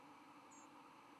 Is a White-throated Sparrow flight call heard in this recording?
no